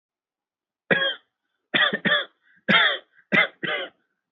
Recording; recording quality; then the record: heavy voluntary cough; excellent, no background noise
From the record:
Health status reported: healthy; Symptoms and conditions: none ticked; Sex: male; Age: 26 years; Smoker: not ticked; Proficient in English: yes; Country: India